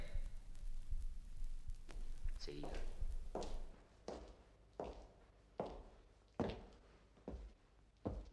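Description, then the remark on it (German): Footsteps on a wooden floor as someone walks through the two storeys of a building, about ten firm, evenly paced steps thudding one after another over a low, steady background rumble. “Beim Gang durch die beiden Etagen hört man immer wieder das Klopfen an Türen, Klirren von Schlüsselbünden und Schritte auf Holzstielen.”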